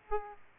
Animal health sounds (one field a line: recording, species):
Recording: mosquito wingbeat signal from an infrared sensor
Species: Aedes aegypti